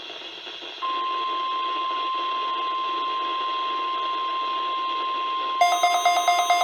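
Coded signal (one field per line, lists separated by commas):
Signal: Emergency Alert System (SAME) tones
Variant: 1050 Hz attention tone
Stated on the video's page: Snow squall warnings received on NOAA Weather Radio KWO35, WXL39 and KIH28, issued by Mount Holly NJ, Upton NY and State College PA weather offices.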